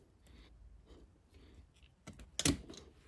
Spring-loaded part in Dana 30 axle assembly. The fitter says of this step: it is not all the way in yet it does have like a little extra bit there that it needs to get passed